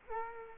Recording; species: mosquito wingbeat signal from an infrared sensor; Culex quinquefasciatus